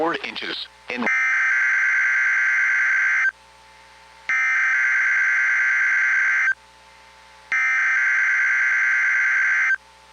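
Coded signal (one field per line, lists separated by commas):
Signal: Emergency Alert System (SAME) tones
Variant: header bursts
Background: speech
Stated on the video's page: Tornado drill and weekly tests taken from a NOAA Weather Radio station's online stream, not received over the air.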